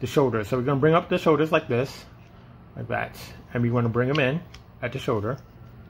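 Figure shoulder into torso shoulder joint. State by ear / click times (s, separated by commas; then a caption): not seated / none. A man talks while the plastic shoulders of a Transformers Legacy Evolution Bombshell transforming action figure are swung up and brought in toward the shoulder joints on the torso. Nothing has clicked or seated into place yet.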